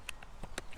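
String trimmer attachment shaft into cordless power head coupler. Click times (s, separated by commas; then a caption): 0.1 s, 0.6 s. An EGO string trimmer attachment shaft is pushed into the coupler of a cordless power head. Sharp clicks are heard at 0.1 s and 0.6 s, with fainter ticks near 0.2 s and 0.7 s. The attachment is seated and locked in before the knob is tightened.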